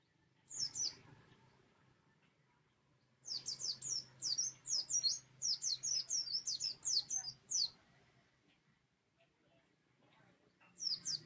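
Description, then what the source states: White-eye song, a quick run of high twittering notes lasting about four seconds, framed by brief single notes, over a soft steady low hum. Song style given the local names ngalas and ngeroll.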